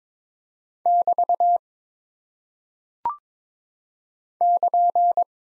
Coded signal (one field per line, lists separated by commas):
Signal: Morse code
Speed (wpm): 22 wpm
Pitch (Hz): 700 Hz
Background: none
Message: <BT> <KN>